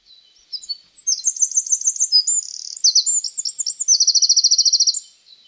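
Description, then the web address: Bird singing a long, high-pitched, fast phrase of chirps, looping whistles and a rapid trill, lasting about four and a half seconds. "Deverinetal 2025 File origin Bird Only"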